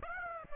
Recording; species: mosquito wingbeat signal from an infrared sensor; Aedes aegypti